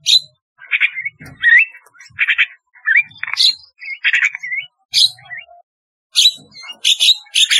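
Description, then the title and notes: Starling song mixing whistled slurs, harsh buzzy notes and clicks in a jumbled, varied sequence with brief pauses. "Kicau Burung Jalak"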